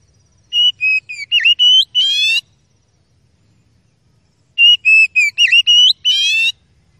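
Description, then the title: Oriental magpie-robin song: two matching phrases of sharp whistled notes ending in a buzzy, rippling trill, with a silent gap of about two seconds between them. Masteran (training recording) of aggressive kacer song with full 'tembakan' phrases, meant to make rival kacer birds fight and become agitated within minutes. "Kacer Langsung Tarung Konslet KACER NGOTOT FULL TEMBAKAN. MASTERAN KACER"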